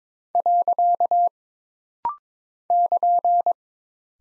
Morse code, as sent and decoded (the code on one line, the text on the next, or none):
.-.-.- / -.--.
. <KN>